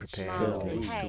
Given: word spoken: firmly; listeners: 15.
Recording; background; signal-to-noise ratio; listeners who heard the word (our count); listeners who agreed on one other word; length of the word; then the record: one English word in noise, from a listening test; four-talker babble; -2.5 dB; 0 of 15; 8 of 15; 0.69 s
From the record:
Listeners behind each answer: 8, 2, 1, 1, 1, 1, 1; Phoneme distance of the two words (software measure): 50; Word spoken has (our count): 2 syllables, 5 phonemes, stress on syllable 1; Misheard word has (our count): 2 syllables, 5 phonemes, stress on syllable 2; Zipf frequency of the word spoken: 4.00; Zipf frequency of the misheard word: 4.48